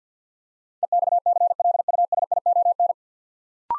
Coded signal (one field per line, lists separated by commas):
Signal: Morse code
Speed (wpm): 48 wpm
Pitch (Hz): 700 Hz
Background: none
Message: EXCLUSION